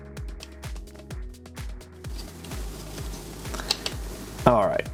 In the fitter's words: that hcmi board just clicked right in place